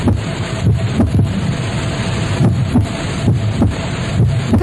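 Low, dull heartbeat thumps sound over steady background hiss, then a clear pause where one beat is missing before the rhythm resumes. This is a simulated dropped beat: the heart briefly stops for one beat, so a single beat is skipped in the otherwise regular rhythm.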